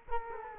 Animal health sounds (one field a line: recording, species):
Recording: mosquito wingbeat signal from an infrared sensor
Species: Culex quinquefasciatus